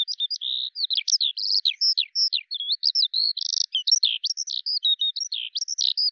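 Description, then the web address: Bird chirping: a fast, unbroken stream of short, high, varied chirps and twittering notes with almost no gaps between them. "Deverinetal 2025 File cleaned normalized Bird Al Ar"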